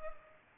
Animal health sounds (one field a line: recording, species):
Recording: mosquito wingbeat signal from an infrared sensor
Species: Culex pipiens